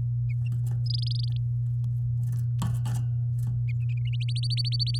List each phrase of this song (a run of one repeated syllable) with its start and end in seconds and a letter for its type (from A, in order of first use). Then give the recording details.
0.86-1.37 A, 4.28-4.98 B. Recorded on 6 May 2018 at 06:23. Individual llb16